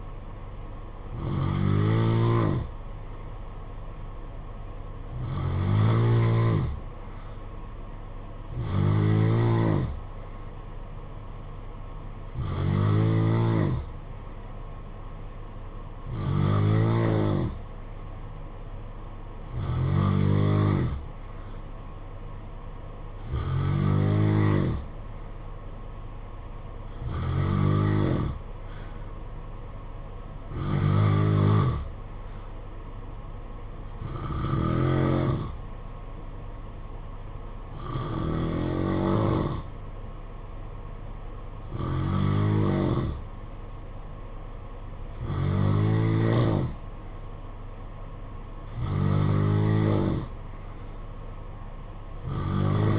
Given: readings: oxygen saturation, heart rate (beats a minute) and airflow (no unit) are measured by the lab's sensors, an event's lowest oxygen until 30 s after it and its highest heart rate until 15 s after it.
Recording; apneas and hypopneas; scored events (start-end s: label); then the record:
breathing in sleep by a smartphone at the bedside; none
none scored
From the record:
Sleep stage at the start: N2 (light sleep); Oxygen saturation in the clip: 89 to 91%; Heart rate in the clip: 56 to 61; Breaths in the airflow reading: 14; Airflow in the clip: -6.9 to 4.9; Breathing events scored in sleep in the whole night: 476 in 9.7 hours asleep